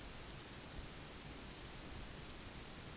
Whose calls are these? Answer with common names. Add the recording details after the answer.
none. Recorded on Arctic tundra, site UTQI-5, on 14 June 2019. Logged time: 10:00